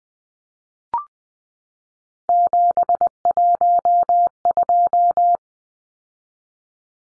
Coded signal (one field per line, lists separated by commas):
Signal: Morse code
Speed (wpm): 20 wpm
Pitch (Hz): 700 Hz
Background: none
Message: 712